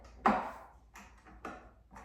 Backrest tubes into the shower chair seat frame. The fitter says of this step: and then we will put the back on again this just pops right in